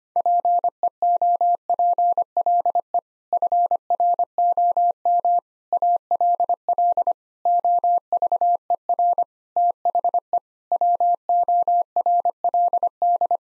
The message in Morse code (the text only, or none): PEOPLE FROM ALL OVER THE WORLD